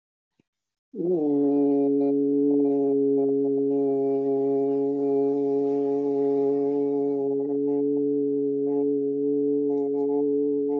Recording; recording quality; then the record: sustained vowel as in boot; excellent, no background noise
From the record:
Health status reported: healthy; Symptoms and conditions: none ticked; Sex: male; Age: 40 years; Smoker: not ticked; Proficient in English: yes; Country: India